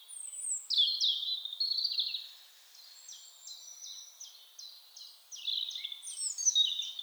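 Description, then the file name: European robin singing high, silvery warbled phrases, then a softer stretch of rapid, evenly repeated notes, ending with a bright tumbling flourish. "Erithacus rubecula"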